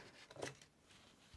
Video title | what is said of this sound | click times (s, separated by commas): ARCTIC LIQUID FREEZER 3 PRO 420-EASY INSTALLATION. | it's magnetic as well, by the way, so you'll hear it click. | 0.3 s